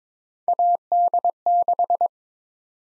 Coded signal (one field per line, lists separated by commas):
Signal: Morse code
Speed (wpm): 22 wpm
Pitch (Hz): 700 Hz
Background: none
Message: AD6